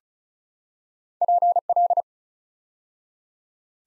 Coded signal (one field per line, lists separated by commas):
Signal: Morse code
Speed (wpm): 36 wpm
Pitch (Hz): 700 Hz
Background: none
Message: PL